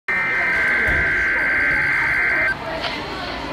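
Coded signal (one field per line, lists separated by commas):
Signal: Emergency Alert System (SAME) tones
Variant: header bursts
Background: speech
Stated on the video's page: Required weekly test.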